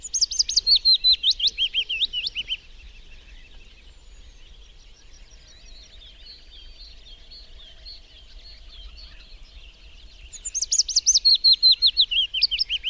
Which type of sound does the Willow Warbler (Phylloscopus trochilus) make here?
song